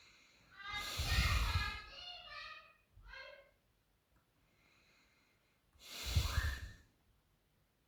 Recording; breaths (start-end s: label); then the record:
nose breathing near a microphone
0.00-0.59 s: inhalation
0.59-1.84 s: exhalation
4.03-5.58 s: inhalation
5.58-6.63 s: exhalation
From the record:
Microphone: phone